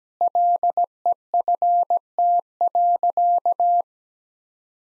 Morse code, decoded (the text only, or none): LEFT.